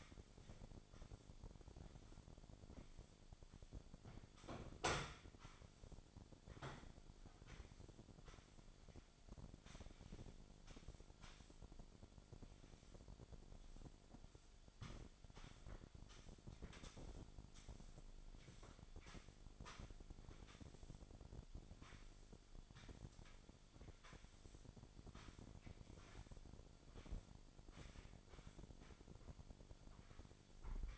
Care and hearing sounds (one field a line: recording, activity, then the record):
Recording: daily activity, microphone in the room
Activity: sweep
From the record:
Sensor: 5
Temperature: 26.3 degrees Celsius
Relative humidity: 38.1%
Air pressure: 1007.1 hPa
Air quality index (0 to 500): 179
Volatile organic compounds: 5 ppm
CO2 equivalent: 1708 ppm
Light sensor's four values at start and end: 57/160/62/63 and 56/159/62/62